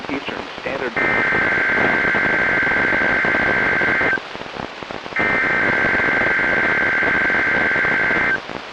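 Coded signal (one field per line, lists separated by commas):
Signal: Emergency Alert System (SAME) tones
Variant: header bursts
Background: speech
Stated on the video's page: Annual statewide tornado drill tones from weather radio stations on 162.550 and 162.475 MHz, 1000 watts each.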